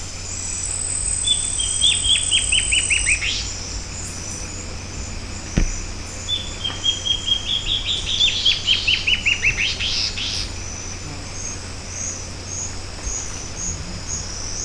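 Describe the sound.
Bird song in two phrases, each a quick series of clipped, bright notes ending in a flourish, with constant high-pitched insect buzzing and a sharp click between.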